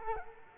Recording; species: mosquito wingbeat signal from an infrared sensor; Culex quinquefasciatus